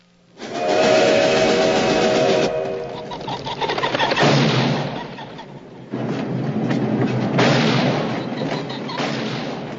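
A steam train bound for Big Whiskey rolls along with a loud, steady rumble and clatter, its whistle sounding a sustained tone in the first couple of seconds before the chugging noise carries on alone.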